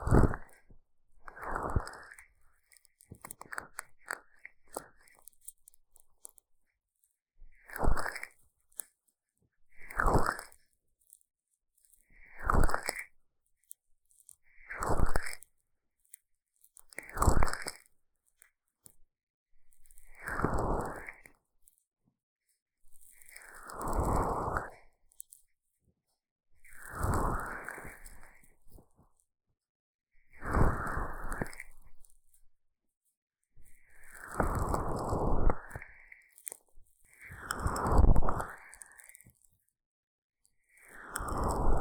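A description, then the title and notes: Sticky aloe gel ear massage: wet, squelching strokes repeat every two to three seconds, growing longer and louder after twenty seconds, separated by silence. ASMR 蘆薈凝膠按摩耳朵 | Aloe based gel sticky Earmassage | 3Dio | NoTalking.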